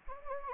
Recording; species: mosquito wingbeat signal from an infrared sensor; Anopheles gambiae